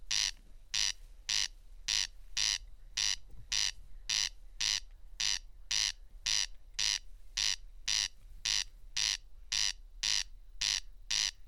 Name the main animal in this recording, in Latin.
Crex crex